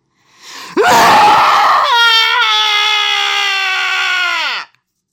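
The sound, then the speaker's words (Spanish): A loud, raw wild scream from one of a group of cold, shivering exiles bursts out, first ragged and noisy, then settling into a long sustained high wail with strong harmonics before cutting off abruptly after a few seconds. “Y en eso uno de ellos lanzó un grito salvaje.”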